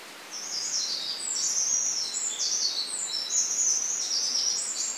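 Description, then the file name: Eurasian wren singing continuously, a loud, very high, rapid chatter of trills and sharp notes running for nearly the whole five seconds. "Troglodytes troglodytes"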